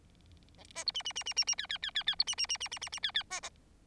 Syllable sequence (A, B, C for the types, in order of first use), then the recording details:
A B C D D D D D D E E E E E C D D D D D D D E E B B. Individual Bird4